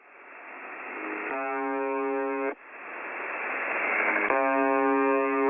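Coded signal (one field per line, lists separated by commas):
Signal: channel marker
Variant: UVB-76 (The Buzzer)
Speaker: você pode sintonizar o seu rádio na frequência AM 4625 kHz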